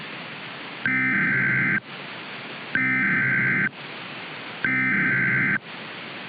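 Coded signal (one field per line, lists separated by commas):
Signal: Emergency Alert System (SAME) tones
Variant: header bursts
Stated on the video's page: Fictional EAS scenario alert, not a real broadcast.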